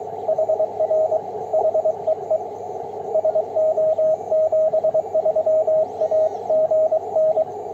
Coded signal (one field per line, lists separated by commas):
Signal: Morse code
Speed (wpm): 20 wpm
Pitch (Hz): 630 Hz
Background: radio noise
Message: HR HEE SO 73 AGN